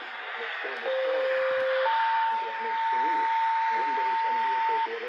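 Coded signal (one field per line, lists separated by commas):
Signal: two-tone page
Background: speech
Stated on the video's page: Siren activation tones heard on a scanner; Saint Louis County sirens are automatically activated via POCSAG from RapidWarn, with zoned activation.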